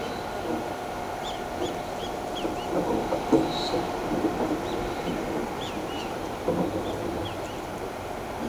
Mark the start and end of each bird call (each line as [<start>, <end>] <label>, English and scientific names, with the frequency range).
[1.23, 2.66] Great Kiskadee (Pitangus sulphuratus) (2.3-7.2 kHz)
[4.62, 7.59] Great Kiskadee (Pitangus sulphuratus) (2.2-7.7 kHz)